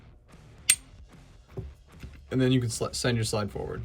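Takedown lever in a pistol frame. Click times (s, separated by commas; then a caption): 0.7 s. During reassembly of a Springfield XD-S 9 (XD Series) polymer-frame pistol, the metal takedown lever is rotated up into its locked position, giving one sharp, loud click at 0.7 s as it engages and seats. A few faint ticks follow near 2.0 s, and then someone talks.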